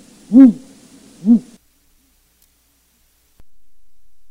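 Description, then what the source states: Owl hoots, two hooted notes about a second apart. Broadcast recording played for a northern owl survey, dated 2021-04-09.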